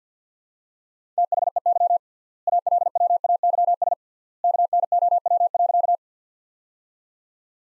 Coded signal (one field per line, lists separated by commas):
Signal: Morse code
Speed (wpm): 49 wpm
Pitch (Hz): 700 Hz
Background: none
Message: THEY ALWAYS KNOW.